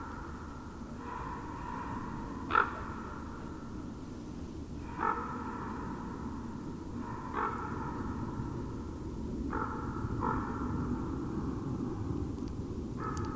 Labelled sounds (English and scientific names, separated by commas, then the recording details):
Common Raven (Corvus corax) call
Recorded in the wild
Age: adult
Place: Altsorgefeld, NSG Rochauer Heide, Brandenburg, DE
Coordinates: 51.7833, 13.5397
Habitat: wood
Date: 2007-03-04 18:14
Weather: fair, 3-4 °C, no wind
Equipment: Sound Devices 702, Sennheiser MKH 70, Windkorb
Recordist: Frommolt, Karl-Heinz